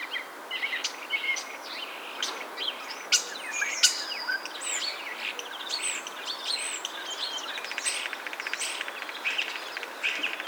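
Common starling song: dense, busy mix of clicks, whistled slides, rattles and squeaky chatter running steadily throughout.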